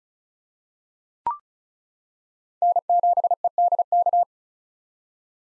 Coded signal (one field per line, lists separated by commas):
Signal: Morse code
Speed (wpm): 34 wpm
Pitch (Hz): 700 Hz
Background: none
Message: N7EDK